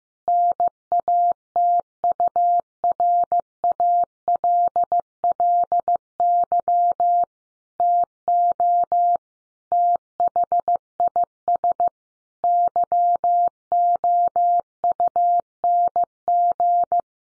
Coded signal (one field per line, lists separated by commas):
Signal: Morse code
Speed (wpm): 14 wpm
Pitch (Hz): 700 Hz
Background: none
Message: NATURALLY TO THIS YOUNG